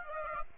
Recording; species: mosquito wingbeat signal from an infrared sensor; Aedes aegypti